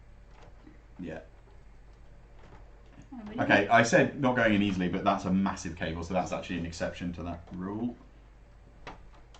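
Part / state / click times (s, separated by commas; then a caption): power supply cable connector into motherboard power socket / partly seated / 8.9 s. A 24-pin power supply cable connector is pushed into the motherboard power socket. Someone talks from about 3 to 8 seconds. A single click comes at 8.9 seconds, but the connector clicks on one side only and is not all the way in.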